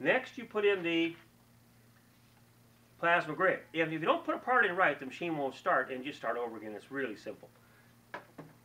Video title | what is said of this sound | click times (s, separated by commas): Air Purifier Review - Consumers Report Best [Air Purifier] | this ones live here and snaps in place as you can see it snapped in place now | 8.1 s